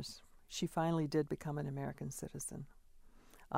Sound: none

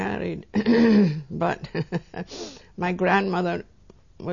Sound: she laughs

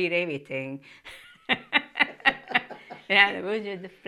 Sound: she laughs

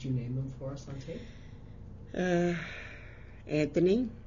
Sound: she sighs

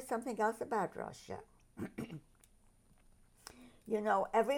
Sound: clears throat

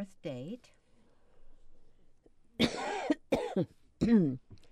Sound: coughs

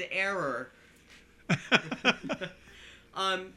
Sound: they laugh

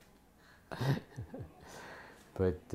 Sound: laughs

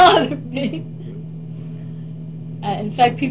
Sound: chuckle

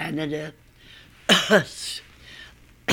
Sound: she coughs

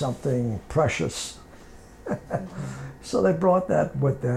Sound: he laughs

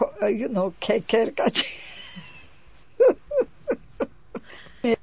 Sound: she laughs

